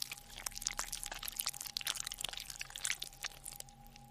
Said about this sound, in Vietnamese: Nó cứ thế xé từng miếng thịt đỏ ôi ối của một con gà. Thậm chí là con gà kia thỉnh thoảng vẫn còn rẫy lên đành đạch.